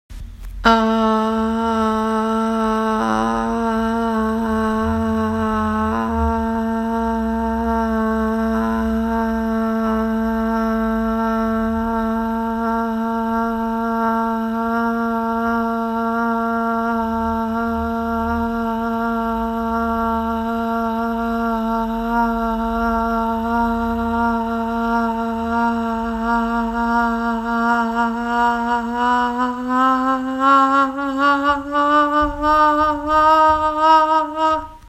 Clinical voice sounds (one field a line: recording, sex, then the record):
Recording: sustained vowel /a/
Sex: female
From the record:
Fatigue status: no fatigue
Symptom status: symptomatic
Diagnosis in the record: COVID-19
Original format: m4a